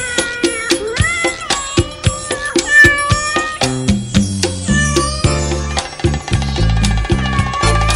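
A cat meows repeatedly in short, rising and falling cries over a bouncy musical backing, with a deep bass line growing louder toward the end.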